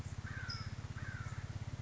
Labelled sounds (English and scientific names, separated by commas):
California Towhee (Melozone crissalis)